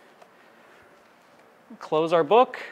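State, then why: Not seated. An 8x10 instant film envelope is lined up in its film holder and checked that its tongue catches, before the book is closed. For about 1.7 seconds there is only quiet, low handling noise with a faint tick near 0.2 s, then someone talks briefly. Nothing has seated or clicked yet.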